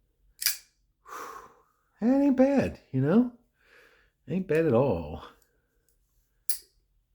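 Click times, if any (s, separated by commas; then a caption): 6.5 s. A Chaves Redencion 229 flipper knife with a kick stop has its blade closed into the handle, where the detent holds it. A sharp snap comes near 0.5 s, then someone talks in short bursts. The blade snaps shut into the detent with a crisp click at 6.5 s, seated.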